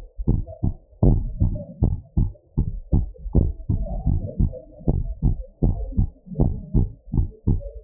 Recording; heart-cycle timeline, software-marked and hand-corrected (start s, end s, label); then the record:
heart sounds
0.00	0.29	diastole
0.29	0.41	S1
0.41	0.65	systole
0.65	0.73	S2
0.73	1.03	diastole
1.03	1.19	S1
1.19	1.41	systole
1.41	1.53	S2
1.53	1.81	diastole
1.81	1.93	S1
1.93	2.17	systole
2.17	2.29	S2
2.29	2.59	diastole
2.59	2.69	S1
2.69	2.93	systole
2.93	3.05	S2
3.05	3.37	diastole
3.37	3.51	S1
3.51	3.75	systole
3.75	3.85	S2
3.85	4.07	diastole
4.07	4.19	S1
4.19	4.41	systole
4.41	4.53	S2
4.53	4.89	diastole
4.89	5.01	S1
5.01	5.25	systole
5.25	5.35	S2
5.35	5.63	diastole
5.63	5.75	S1
5.75	5.99	systole
5.99	6.09	S2
6.09	6.39	diastole
6.39	6.51	S1
6.51	6.75	systole
6.75	6.87	S2
6.87	7.19	diastole
7.19	7.29	S1
7.29	7.55	systole
7.55	7.63	S2
7.63	7.84	diastole
From the record:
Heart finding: normal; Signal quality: good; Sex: female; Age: 74 years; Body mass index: 24.5